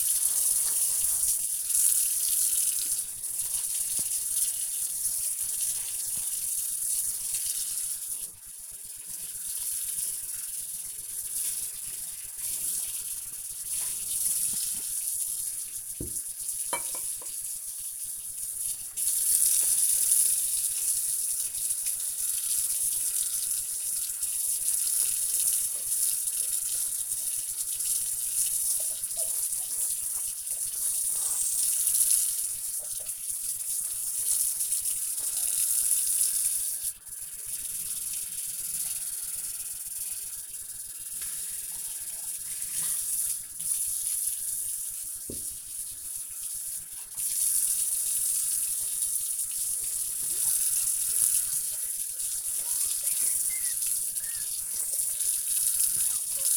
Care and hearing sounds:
household activities, microphone on the right wrist
0.00-56.56 s: washing dishes

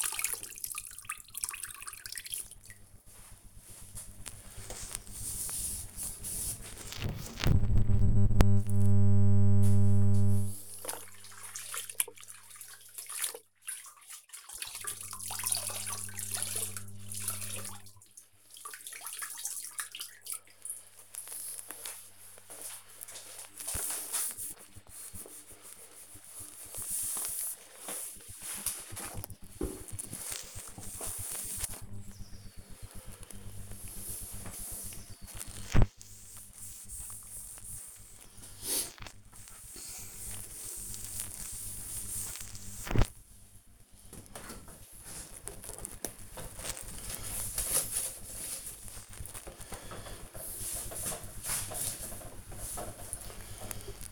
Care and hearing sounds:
household activities, microphone on the right wrist
0.00-54.12 s: kitchen
6.20-54.12 s: cleaning the cupboard

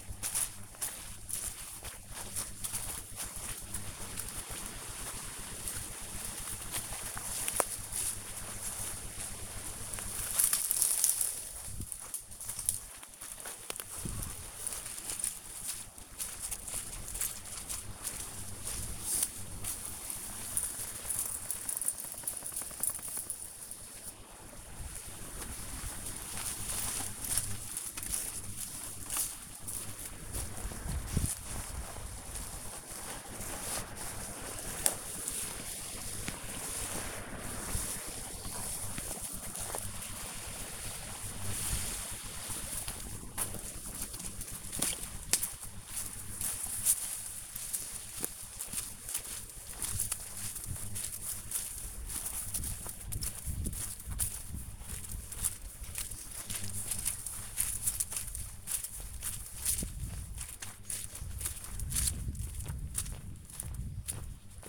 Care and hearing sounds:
household activities, microphone on the right wrist
0.00-64.69 s: going for a walk with dog

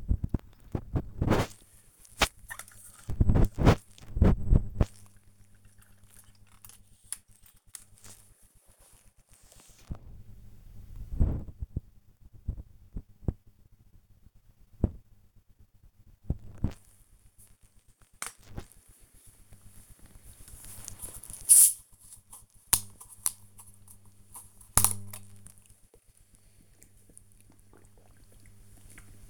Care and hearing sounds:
household activities, microphone on the right wrist
0.00-12.00 s: dusting model cars
20.03-29.30 s: drinking

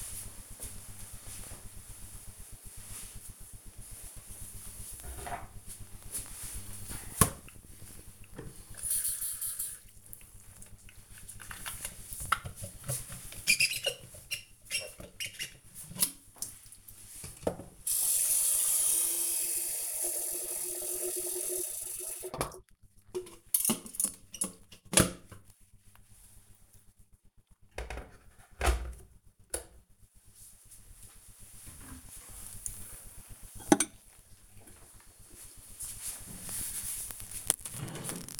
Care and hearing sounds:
household activities, microphone on the right wrist
3.98-38.40 s: making tea

